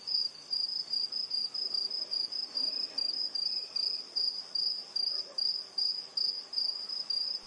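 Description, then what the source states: Dense cricket song, piercing and high, beating in regular loud pulses a little over twice per second. Intense crickets at night in a rural area, USA.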